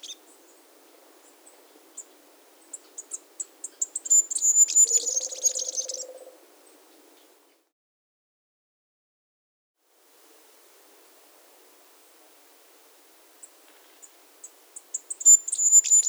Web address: sonidos de las aves iguaque villa de leyva y sus alrededores Diglosa De Antifaz, Diglossa cyanea